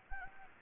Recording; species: mosquito wingbeat signal from an infrared sensor; Anopheles gambiae